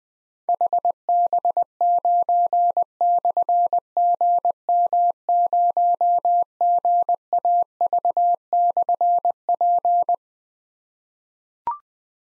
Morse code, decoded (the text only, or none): HB9/GM0GAV/P